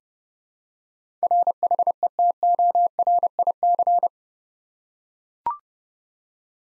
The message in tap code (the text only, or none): none